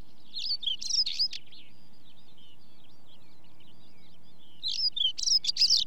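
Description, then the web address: Stonechat song in two scratchy, squeaky phrases a few seconds apart, with faint high notes between them. "BBC Sound Effects Library Birds Stonechat, Song With Chaffinch"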